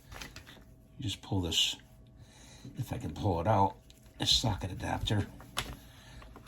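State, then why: Seated. Someone talks while a bit adapter is pulled out of a SOG PowerAccess Assist MT multitool and fitted on top of the tool, with light handling clicks and rustles. A sharp metal click at 5.6 s marks the adapter locking into place on the multitool.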